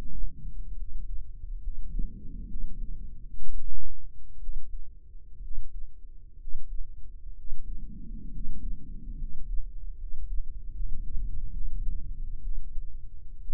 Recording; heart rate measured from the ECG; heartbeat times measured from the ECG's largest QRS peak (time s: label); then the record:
heart sounds by microphone in the right ear; 66 bpm
0.74 s: heartbeat
1.59 s: heartbeat
2.46 s: heartbeat
3.38 s: heartbeat
4.38 s: heartbeat
5.40 s: heartbeat
6.37 s: heartbeat
7.34 s: heartbeat
8.30 s: heartbeat
9.15 s: heartbeat
9.96 s: heartbeat
10.72 s: heartbeat
11.50 s: heartbeat
12.40 s: heartbeat
13.39 s: heartbeat
From the record:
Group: healthy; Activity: rest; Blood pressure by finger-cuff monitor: 115/66 mmHg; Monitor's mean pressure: 83 mmHg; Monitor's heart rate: 65 bpm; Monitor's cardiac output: 7.2 L/min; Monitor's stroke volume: 114 mL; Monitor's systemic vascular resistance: 820 dyn s/cm5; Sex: male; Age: 23 years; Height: 178 cm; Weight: 96.6 kg